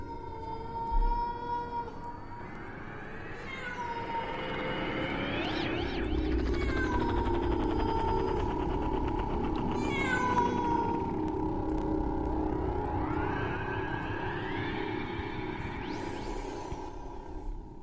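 A cat standing on a courtyard wall at night wails in long, mournful yowls, three or so drawn-out cries that rise and sag in pitch over a steady low drone, with no talking.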